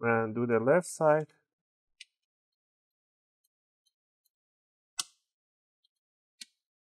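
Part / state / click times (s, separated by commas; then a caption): plastic retaining clips of laptop bottom cover releasing from top case / released / 2.0 s, 5.0 s, 6.4 s. Someone talks briefly, then an opening tool is twisted along the left side of an HP Pavilion 14 dq1xxx series laptop, between the top cover and the plastic bottom cover, to upgrade the NVMe SSD. Sharp snaps at 2.0, 5.0 and 6.4 seconds are the bottom cover's plastic retaining clips popping free of the top case, releasing the cover.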